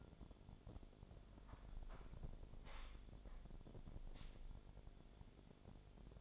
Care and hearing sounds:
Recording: daily activity, microphone in the room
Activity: close window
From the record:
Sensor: 5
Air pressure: 1006.7 hPa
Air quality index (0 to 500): 187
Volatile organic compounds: 5 ppm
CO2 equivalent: 1784 ppm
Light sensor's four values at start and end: 57/162/63/64 and 57/162/63/64

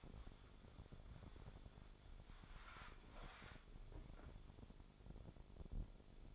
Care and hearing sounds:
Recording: daily activity, microphone in the room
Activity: wipe stove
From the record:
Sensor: 5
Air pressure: 1015.2 hPa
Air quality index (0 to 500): 194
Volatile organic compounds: 8 ppm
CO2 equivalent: 2094 ppm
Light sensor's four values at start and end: 36/84/34/36 and 35/83/34/36

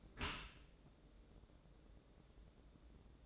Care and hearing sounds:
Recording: daily activity, microphone in the room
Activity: close dishwasher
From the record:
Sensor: 3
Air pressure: 1012.3 hPa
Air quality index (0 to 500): 145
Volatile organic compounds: 2 ppm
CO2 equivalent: 1121 ppm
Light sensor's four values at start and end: 587/1456/597/593 and 591/1464/600/596

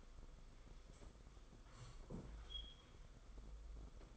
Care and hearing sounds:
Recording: daily activity, microphone in the room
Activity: sit down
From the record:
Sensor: 5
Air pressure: 990.7 hPa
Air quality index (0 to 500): 150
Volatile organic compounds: 163 ppm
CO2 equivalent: 4079 ppm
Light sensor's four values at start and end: 43/131/50/54 and 43/132/50/54

